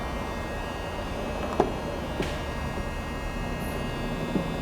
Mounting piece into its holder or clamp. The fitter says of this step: that's locked into place now but you've got this double now i have a fender